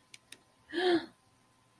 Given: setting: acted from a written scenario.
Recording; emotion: vocal sound without words; negative surprise